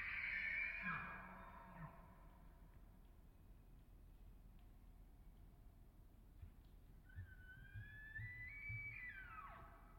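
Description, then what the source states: Elk bugling: a loud breathy squeal opens, then after quiet a high whistled note with bright harmonics that breaks and slides downward, with low grunts beneath. Elk bulls bugling, the distant bugles softened by hillside and forest reverberation; Colockum Wildlife Area, last week before firearm hunting season.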